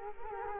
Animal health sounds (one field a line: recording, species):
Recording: mosquito wingbeat signal from an infrared sensor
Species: Culex quinquefasciatus